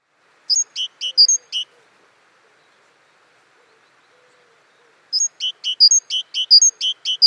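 Great tit calls: a short burst of clear, high, tinkling notes, then a pause of several seconds, then a longer run of the same repeated notes.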